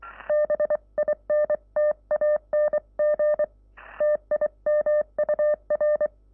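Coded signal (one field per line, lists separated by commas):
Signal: Morse code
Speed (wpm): 23 wpm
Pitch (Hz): 600 Hz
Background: none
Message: BINTANG TIMUR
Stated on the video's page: Morse played with four paddle keys using right and left hand.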